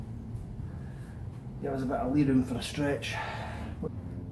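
A handbrake lever ratchet pawl on a TVR Chimaera car chassis handbrake is being handled after the cable has been hooked into its hole, with the lever to be pulled up three clicks of the ratchet to check cable tension before the adjuster is locked off. Someone talks over a low background hum, with a brief faint knock near the end. Nothing has seated or clicked yet.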